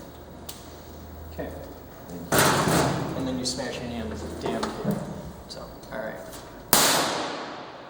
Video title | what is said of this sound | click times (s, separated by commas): Captain's Blog 7-13-2012 On Set | You just squeeze it right in, and you'll feel it click. | 0.5 s